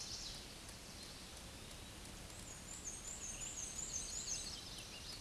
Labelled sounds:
Black-and-white Warbler song
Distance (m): 30 m
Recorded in a Pennsylvania forest on 19 May 2023 at 10:37
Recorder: AudioMoth, point grid1_3_low
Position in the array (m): 87 m, 64 m

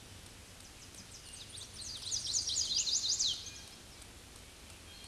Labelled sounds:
Chestnut-sided Warbler song
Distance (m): 10 m
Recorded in a Pennsylvania forest on 18 May 2023 at 07:38
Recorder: AudioMoth, point grid1_35_low
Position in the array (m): 158 m, 151 m

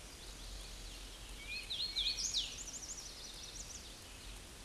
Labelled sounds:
Hooded Warbler song
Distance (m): 20 m
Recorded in a Pennsylvania forest on 18 May 2023 at 08:51
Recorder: AudioMoth, point grid1_13_low
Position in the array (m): 153 m, 127 m

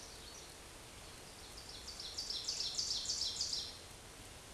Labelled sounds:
Ovenbird song
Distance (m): 40 m
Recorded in a Pennsylvania forest on 17 May 2023 at 14:02
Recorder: AudioMoth, point grid1_26_low
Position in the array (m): 209 m, 26 m

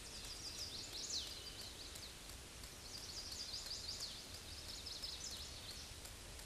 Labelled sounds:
Chestnut-sided Warbler song
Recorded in a Pennsylvania forest on 18 May 2023 at 07:47
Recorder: AudioMoth, point grid1_38_low
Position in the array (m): 171 m, 154 m

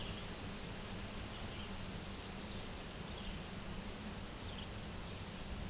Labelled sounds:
Black-and-white Warbler song
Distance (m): 30 m
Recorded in a Pennsylvania forest on 17 May 2023 at 12:06
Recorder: AudioMoth, point grid1_29_low
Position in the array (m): 49 m, 120 m

